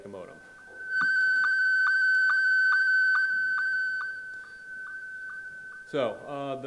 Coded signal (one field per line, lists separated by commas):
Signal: SSTV (slow-scan television)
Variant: Scottie 1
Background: speech